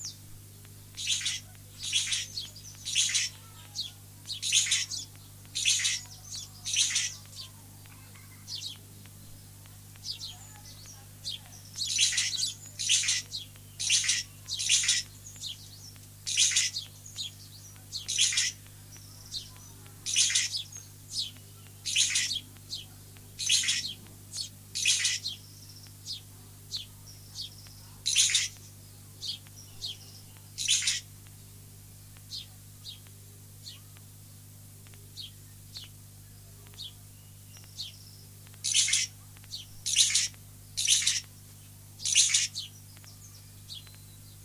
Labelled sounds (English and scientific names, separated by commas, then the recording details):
Long-tailed Fiscal (Lanius cabanisi) call
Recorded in captivity
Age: adult
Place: Zoo Berlin, Berlin, DE
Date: 2007-06-09 16:00
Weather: sunny, ca. 30°C
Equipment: Sony WM-D6C, Sennheiser ME 80, Kopie Uher 4000 Report Monitor
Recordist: Tembrock, Günter